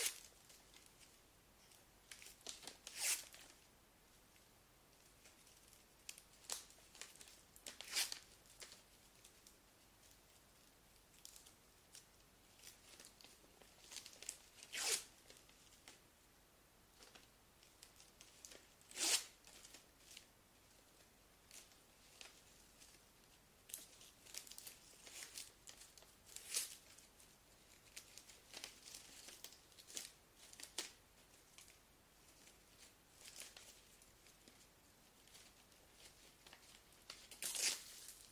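Gift wrapping paper crinkles and rustles throughout, in irregular bursts of crisp, bright crackling. Louder sharp crunches stand out around 3, 8, 15, 19 and 38 seconds, with softer handling sounds and brief quiet gaps between them.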